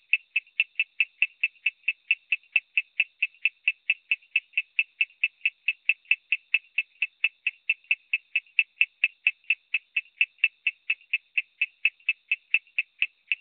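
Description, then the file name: Coorg yellow bush frog giving rapid, evenly spaced chirping clicks, sustained throughout over a quiet background. "Raorchestes luteolus call"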